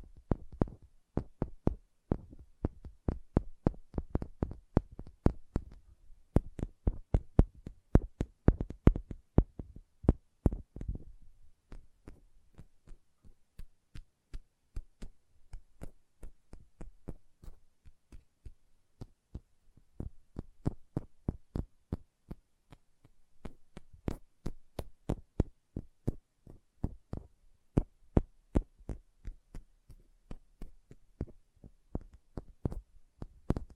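Fingernails tap rapidly on a hard surface in dense, uneven bursts, each click sharp and bright. The tapping comes in clusters with brief pauses, busiest in the first ten seconds and again after twenty, over a faint low hum.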